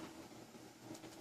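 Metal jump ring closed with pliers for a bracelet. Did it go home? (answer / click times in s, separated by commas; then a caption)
no / none. A small silver-plated metal jump ring for a bracelet is being handled with pliers as its two ends are squeezed toward each other. Only a steady low rumbling background noise is heard, with no sharp sounds. Nothing has clicked closed or seated yet.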